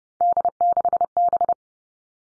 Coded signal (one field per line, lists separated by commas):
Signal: Morse code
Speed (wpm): 30 wpm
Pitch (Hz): 700 Hz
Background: none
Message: D6B